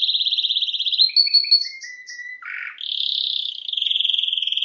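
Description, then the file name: Canary song: a fast pulsed trill, then short whistled notes, a harsh low buzz, and renewed rolling trills. "Canary Voice"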